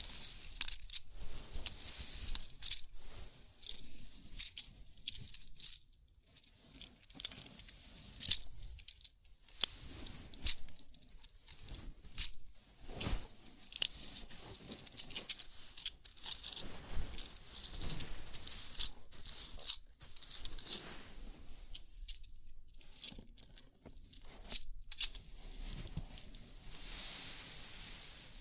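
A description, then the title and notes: Scalp massage with fingers rubbing through hair, making dense, crisp scratchy rustles in quick irregular bursts that continue with brief pauses throughout. ASMR Sleepy Scalp Massage (No Talking).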